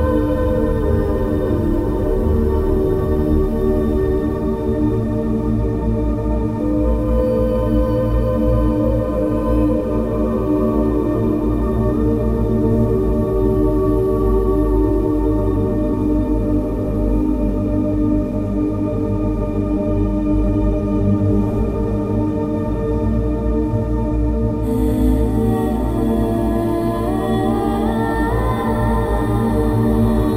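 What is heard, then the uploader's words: A steady drone of sustained 528 Hz and 639 Hz tones, layered with ringing, bowl-like overtones over a thick, warm low hum. The level stays even throughout. Around 25 seconds the airy high shimmer drops away and a slowly rising tone appears. SelfLove Deep Inner Peace & Happiness 528 Hz + 639 Hz.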